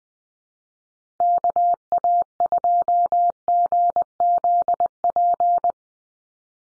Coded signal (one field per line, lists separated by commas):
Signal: Morse code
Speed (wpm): 20 wpm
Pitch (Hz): 700 Hz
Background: none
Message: KA2GZP